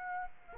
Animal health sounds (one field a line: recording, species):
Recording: mosquito wingbeat signal from an infrared sensor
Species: Aedes aegypti